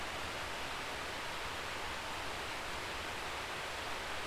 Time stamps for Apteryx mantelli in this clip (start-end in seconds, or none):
none